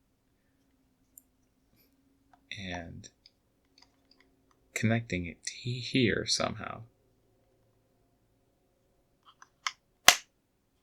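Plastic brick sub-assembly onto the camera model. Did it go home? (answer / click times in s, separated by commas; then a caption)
yes / 9.7 s, 10.1 s. Someone talks while connecting a plastic LEGO brick sub-assembly onto the model of LEGO set 31147 Retro Camera. Sharp snap clicks follow at 9.7 s and 10.1 s. The part has snapped into place and is not moving.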